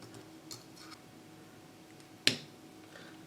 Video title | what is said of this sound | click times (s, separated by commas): [Review] LC Power M2 NVME External Enclosure: For 30€, you can't go wrong! | like this, you see? You hear this little click, no contacts showing. | 2.3 s